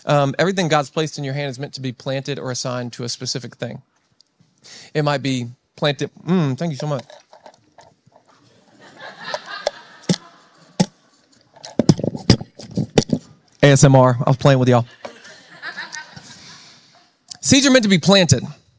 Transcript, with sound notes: Um, everything God's placed in your hand is meant to be planted or assigned to a specific thing. It might be planted. Thank you so much. [laughter] ASMR. I was playing with y'all. Seeds are meant to be planted.